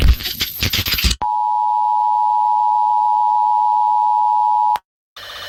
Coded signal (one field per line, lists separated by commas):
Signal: Emergency Alert System (SAME) tones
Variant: 853 and 960 Hz attention tone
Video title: EAS Scenario #12: Smurf Rampage